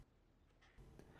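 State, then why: Seated. After a replacement sponge is slid onto the metal hook between the rollers of a Libman Nitty Gritty Roller Mop, the mop's action lever is pulled back until the roller assembly locks into the mop head. A quiet, low rumble grows louder from about 0.8 s, and a faint, brief plastic snap sounds at 1.0 s. The lever snaps into place and the roller is locked.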